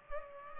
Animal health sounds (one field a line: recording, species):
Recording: mosquito wingbeat signal from an infrared sensor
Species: Culex pipiens